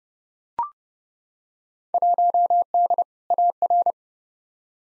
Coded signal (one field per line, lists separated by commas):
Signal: Morse code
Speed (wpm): 29 wpm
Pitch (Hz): 700 Hz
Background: none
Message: 1D AR